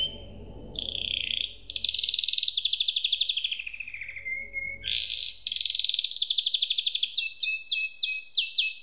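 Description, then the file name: Canary song: a buzzy opening, then a rapid rolling trill sliding downward, a brief whistle, another rolling trill, and a run of sharp repeated notes. "suara kenari makige"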